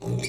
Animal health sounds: pig call; weaner (32 to 43 days)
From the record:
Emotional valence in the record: negative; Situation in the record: short isolation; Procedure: open field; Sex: female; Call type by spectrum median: low-frequency call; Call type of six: mixed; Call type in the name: high-frequency modulated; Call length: 0.29 s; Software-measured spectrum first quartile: 189 Hz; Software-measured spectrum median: 671 Hz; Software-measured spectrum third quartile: 4047 Hz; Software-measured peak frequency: 397 Hz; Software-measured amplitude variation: 135 dB a second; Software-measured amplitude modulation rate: 19.1 a second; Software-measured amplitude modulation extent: 7.1 dB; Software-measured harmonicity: 2.4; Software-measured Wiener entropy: -4.17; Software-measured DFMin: 1190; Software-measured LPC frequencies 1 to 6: 2311, 3704, 4555, 5139, 5778, 6787 Hz

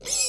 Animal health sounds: pig call; weaner (32 to 43 days)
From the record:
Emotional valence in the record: negative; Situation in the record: short isolation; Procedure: open field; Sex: female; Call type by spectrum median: high-frequency call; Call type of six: high-frequency stable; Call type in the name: high-frequency stable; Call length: 0.29 s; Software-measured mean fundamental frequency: 517 Hz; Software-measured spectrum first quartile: 5015 Hz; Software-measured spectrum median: 6857 Hz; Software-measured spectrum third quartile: 8396 Hz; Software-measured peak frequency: 7610 Hz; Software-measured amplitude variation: 124 dB a second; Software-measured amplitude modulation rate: 12.1 a second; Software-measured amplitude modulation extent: 10.2 dB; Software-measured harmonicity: 3.1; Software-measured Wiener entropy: -2.40

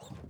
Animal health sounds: pig call; piglet (1 to 25 days)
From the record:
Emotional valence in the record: negative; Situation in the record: long isolation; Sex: female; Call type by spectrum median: low-frequency call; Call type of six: mixed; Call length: 0.30 s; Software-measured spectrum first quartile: 153 Hz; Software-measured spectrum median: 416 Hz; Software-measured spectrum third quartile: 1683 Hz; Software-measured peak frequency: 133 Hz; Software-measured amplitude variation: 177 dB a second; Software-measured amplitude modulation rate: 25.1 a second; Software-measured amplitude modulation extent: 7.0 dB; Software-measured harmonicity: 0.8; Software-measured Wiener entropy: -1.83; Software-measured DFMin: 1133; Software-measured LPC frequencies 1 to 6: 2725, 3664, 7403, 10237, 10914, 12226 Hz

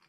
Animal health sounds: pig call; piglet (1 to 25 days)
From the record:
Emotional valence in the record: positive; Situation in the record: short reunion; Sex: female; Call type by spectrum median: low-frequency call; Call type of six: low-frequency tonal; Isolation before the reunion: 3 minutes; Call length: 0.09 s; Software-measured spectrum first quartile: 1217 Hz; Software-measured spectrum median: 2311 Hz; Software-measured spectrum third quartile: 3925 Hz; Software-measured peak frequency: 2379 Hz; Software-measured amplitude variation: 86 dB a second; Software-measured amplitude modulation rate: 11.4 a second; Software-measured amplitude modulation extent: 7.6 dB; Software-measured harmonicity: -1.3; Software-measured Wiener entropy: -0.90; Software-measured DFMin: 704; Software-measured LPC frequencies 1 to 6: 1105, 1701, 2416, 3136, 4415, 4837 Hz

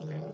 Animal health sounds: pig call; piglet (1 to 25 days)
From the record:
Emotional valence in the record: negative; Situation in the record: short isolation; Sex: male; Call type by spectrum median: low-frequency call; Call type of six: low-frequency stable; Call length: 0.33 s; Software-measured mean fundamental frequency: 51 Hz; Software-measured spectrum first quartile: 156 Hz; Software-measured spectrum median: 263 Hz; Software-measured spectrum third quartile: 550 Hz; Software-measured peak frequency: 161 Hz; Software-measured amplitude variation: 72 dB a second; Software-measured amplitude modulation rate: 21.2 a second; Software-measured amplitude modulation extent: 3.4 dB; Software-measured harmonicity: 5.4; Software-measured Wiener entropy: -0.36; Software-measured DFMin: 993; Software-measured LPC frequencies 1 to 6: 495, 1834, 3327, 4698, 5991, 7453 Hz

